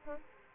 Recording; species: mosquito wingbeat signal from an infrared sensor; Aedes aegypti